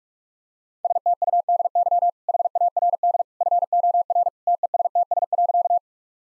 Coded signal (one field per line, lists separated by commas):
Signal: Morse code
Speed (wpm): 46 wpm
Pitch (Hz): 700 Hz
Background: none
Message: STUDY HARD FOR TESTS.